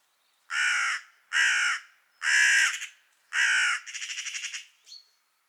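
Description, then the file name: Carrion crow calling a series of four harsh, drawn-out caws about a second apart, the last trailing into a rattling, stuttered croak. "Corvus corone"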